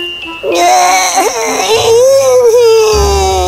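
A baby wails loudly for a few seconds, the high, strained cry wavering in pitch and rising into a long sustained sob with a brief catch in the middle.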